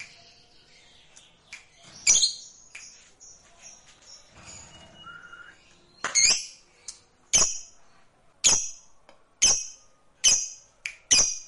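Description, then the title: Lovebird uttering a series of sharp, piercing chirps, repeated roughly once a second toward the end, with faint squeaks earlier. Fighter lovebird. "Begitu Dengar Suara Lovebird FIGHTER NGEKEK PANJANG"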